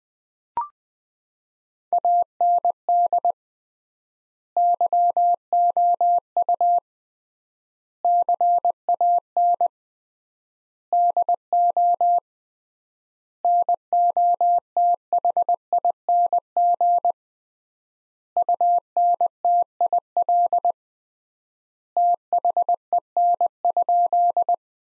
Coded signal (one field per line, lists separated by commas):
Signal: Morse code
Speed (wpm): 20 wpm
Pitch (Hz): 700 Hz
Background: none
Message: AND YOU CAN DO NOTHING UNTIL THEN?